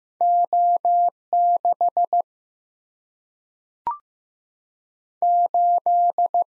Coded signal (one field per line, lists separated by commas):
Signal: Morse code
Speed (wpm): 15 wpm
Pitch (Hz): 700 Hz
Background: none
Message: O 6 8